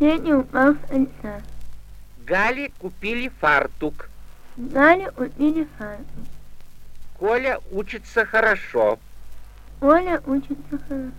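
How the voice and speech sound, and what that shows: Girl with open hypernasality (rhinolalia aperta) repeating short Russian sentences after an adult clinician. This nasality is most often caused by congenital cleft of the hard and soft palate. Her speech defect is partly compensated by a course of speech therapy completed before her scheduled plastic surgery.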